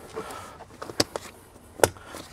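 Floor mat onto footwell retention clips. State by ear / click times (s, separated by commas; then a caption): seated / 1.0 s, 1.8 s. A LASFIT molded rubber/TPE floor weather mat is laid into a truck footwell and pressed down onto the floor locking posts and retention hooks. After a few softer taps, two sharp clicks ring out at 1.0 s and 1.8 s as the mat locks firmly in place.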